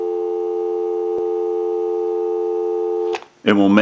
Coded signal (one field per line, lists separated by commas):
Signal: telephone call progress tone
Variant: North America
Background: speech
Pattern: dial tone